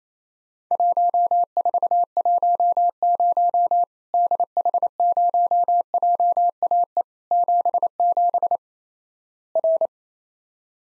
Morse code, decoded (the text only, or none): 1410 DH0JAE 77 R